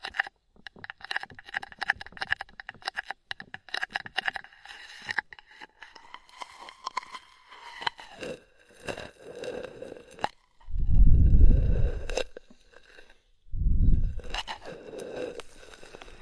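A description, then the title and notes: Body oil massage with rapid slippery crackles and squelches, a rising smeared tone midway, then two deep rumbling bursts of bath water near the end. Body oil massage and bubble bath.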